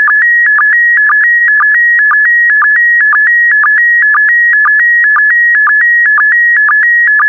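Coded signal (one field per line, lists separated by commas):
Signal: SSTV (slow-scan television)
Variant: PD120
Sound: steady warbling tones near 1.9 kHz, broken by short low blips about twice a second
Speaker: Get ready. Starting transmission in 5, 4, 3, 2, 1. Transmission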